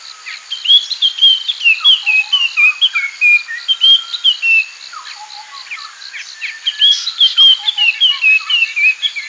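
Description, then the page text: Puff-throated babbler producing dense, repeated phrases of descending whistled notes, with scattered lower chips and a thin steady high hiss behind. "Puff-Throated Babbler Song. Quick Sounds library"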